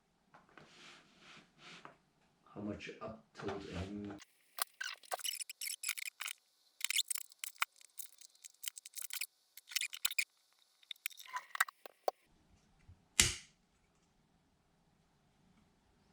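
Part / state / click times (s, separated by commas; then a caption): FPV camera tilt mount in a quadcopter frame / seated / 4.6 s, 6.8 s, 7.6 s, 10.0 s, 11.6 s, 13.2 s. An FPV camera's up-tilt is adjusted in the camera mount of a Reverb quadcopter frame while someone talks. Sharp clicks sound at 4.6, 6.9, 7.6, 10.1, 11.6 and 13.2 seconds as the camera is moved. The tilt clicks into position and sits solid.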